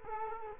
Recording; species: mosquito wingbeat signal from an infrared sensor; Culex quinquefasciatus